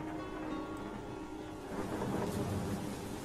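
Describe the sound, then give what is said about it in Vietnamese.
Deep, continuous thunder rumbles beneath a steady wash of heavy rain falling outside in a thunderstorm with flashing lightning, the rain growing ever heavier and swelling louder in the second half, with no voices present. “Mấy canh giờ sau, ở bên ngoài, trời đổ mưa, cơn mưa mỗi lúc một lớn, sấm chớp lập lòe vang rền lên giận dữ.”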